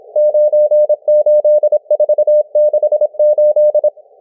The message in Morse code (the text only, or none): 98468